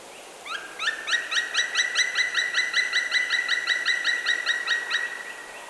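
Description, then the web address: Black woodpecker call, a long ringing series of clear, evenly repeated notes, steady in pitch and fading slightly at the end. Recorded 1 March 2023. "fagelljud 20230301 spillkraka"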